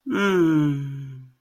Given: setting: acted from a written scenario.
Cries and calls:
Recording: vocal sound without words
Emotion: desire

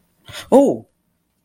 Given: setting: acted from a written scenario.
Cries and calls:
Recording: vocal sound without words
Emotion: negative surprise

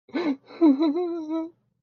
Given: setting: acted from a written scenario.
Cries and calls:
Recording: vocal sound without words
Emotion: fear

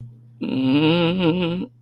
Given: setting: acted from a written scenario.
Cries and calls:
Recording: vocal sound without words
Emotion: fear

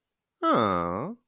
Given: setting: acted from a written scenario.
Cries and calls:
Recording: vocal sound without words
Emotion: confusion

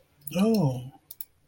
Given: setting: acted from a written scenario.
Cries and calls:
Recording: vocal sound without words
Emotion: disappointment

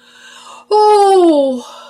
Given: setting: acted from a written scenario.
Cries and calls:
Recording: vocal sound without words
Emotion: triumph

